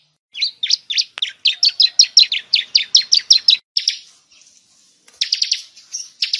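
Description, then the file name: Bar-winged prinia calling with a quick run of bright chirps, a short pause, then further rapid notes. Lure call, used to attract birds. "suara pikat burung ciblek"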